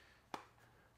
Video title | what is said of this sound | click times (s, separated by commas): REAL CARBON FIBER! - Monocarbon Forged Carbon Fiber Case for iPhone 15 Pro Max | nice little clicks not too you know pronounced and loud but | 0.3 s